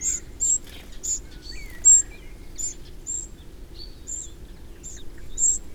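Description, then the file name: Eurasian wren uttering an uneven series of piercing high ticks, several in all, mixed with a few softer, lower chirps. "Troglodytes troglodytes"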